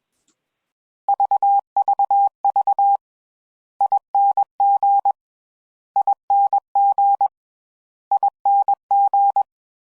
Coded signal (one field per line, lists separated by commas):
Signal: Morse code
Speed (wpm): 21 wpm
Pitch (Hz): 800 Hz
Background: none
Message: VVV ING ING ING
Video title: CW Methodologies and Sound Bites WA7RSO